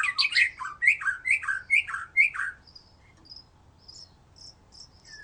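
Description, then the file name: White-rumped shama song opening with a rapid series of loud repeated downslurred phrases, then faint thin high notes and quiet gaps. "murai batu"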